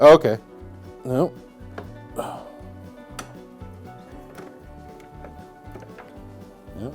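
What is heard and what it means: Someone handles the fold-down stop or fence part on a Ridgid R4251 12" dual bevel sliding miter saw during setup, working to flip it down, while someone talks over steady background music. Brief, light ticks sound at about 1.8 s and 3.2 s, but nothing has seated or clicked into place yet.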